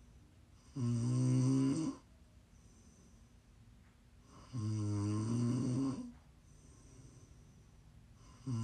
ASMR Snoring. Please enjoy some prime ASMR snoring. You can listen to sleep, to relax, to wind down, whatever you want.